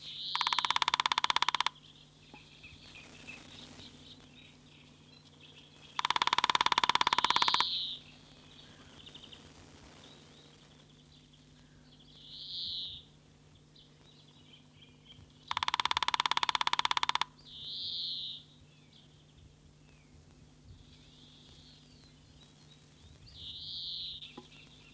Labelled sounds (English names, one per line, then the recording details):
Middle Spotted Woodpecker drumming
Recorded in the wild
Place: Chorin, Schorfheide-Chorin, Brandenburg, DE
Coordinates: 52.9125, 14.0028
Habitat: wood
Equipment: Uran, Reflektor
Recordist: Alscher
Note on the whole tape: Pehlitzwerder am Parsteinner See. Trommeln. Aufnahme zwischen 1. und 10. Mai 1967